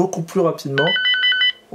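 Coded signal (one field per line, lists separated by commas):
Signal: none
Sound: radio message ringtone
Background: speech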